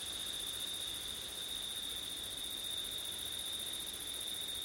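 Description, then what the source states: Cricket song forms an unbroken, even high-pitched drone throughout, with a fainter higher band above. Crickets on a windy September night.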